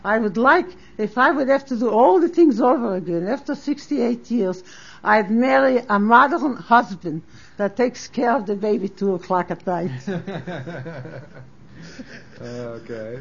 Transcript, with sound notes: I would like --- if I would have to do all the things over again, after sixty-eight years ---- I'd marry a modern husband, that takes care of the baby two o'clock at night.
[Both laugh] Okay.